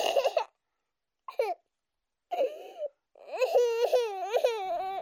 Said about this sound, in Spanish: Un niño llora. Es un llanto roto, entrecortado, caliente. Un llanto sofocado, desconsolado. Podría parecer irritado, pero no lo es. Es un llanto desolado. Desde el portal de la casa de vecinos se oye su queja.